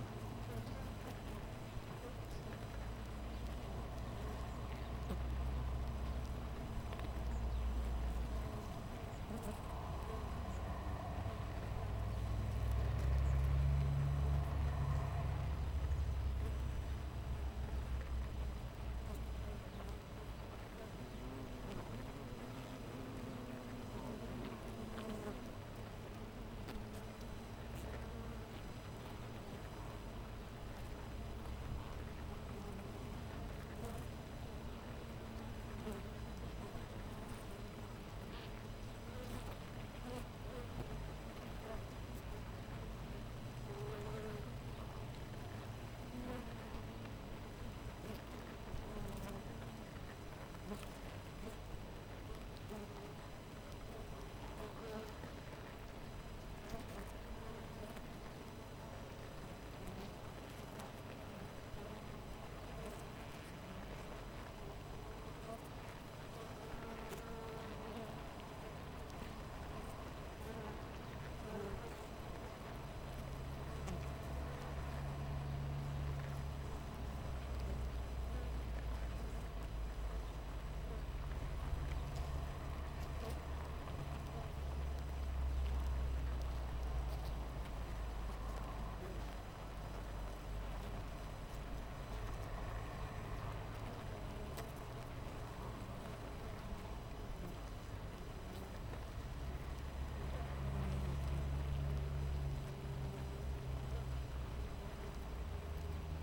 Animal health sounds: honeybee colony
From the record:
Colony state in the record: missing queen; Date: 14 July 2017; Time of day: 7:00

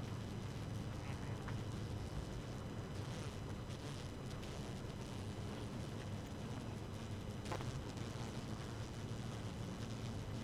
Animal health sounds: honeybee colony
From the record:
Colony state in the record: active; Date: 12 June 2018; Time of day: 4:10

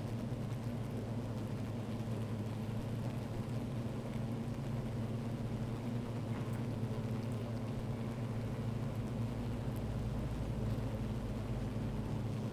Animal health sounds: honeybee colony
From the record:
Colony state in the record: active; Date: 28 July 2017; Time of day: 12:37

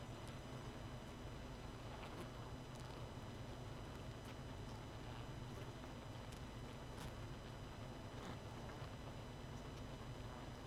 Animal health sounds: honeybee colony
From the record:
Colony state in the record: missing queen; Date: 31 May 2018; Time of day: 19:20

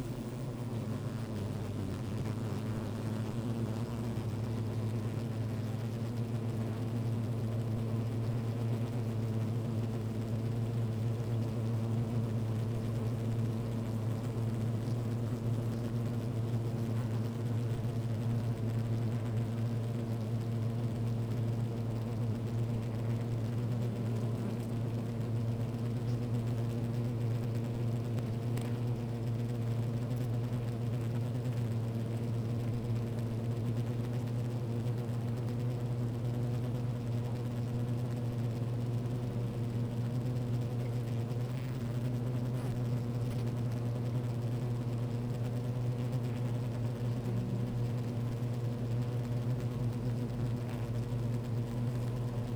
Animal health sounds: honeybee colony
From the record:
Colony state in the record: active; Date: 28 July 2017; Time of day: 15:30

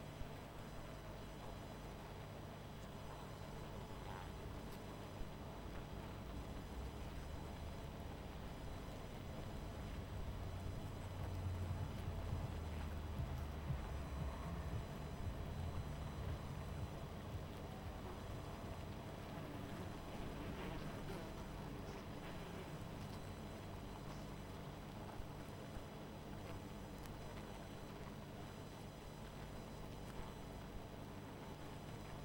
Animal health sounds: honeybee colony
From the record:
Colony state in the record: missing queen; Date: 14 July 2017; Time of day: 19:46

